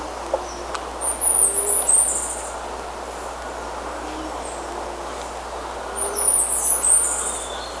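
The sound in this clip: Bird calls, high squeaky chirps in two bursts, early and late, with a soft hiss throughout.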